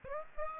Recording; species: mosquito wingbeat signal from an infrared sensor; Aedes aegypti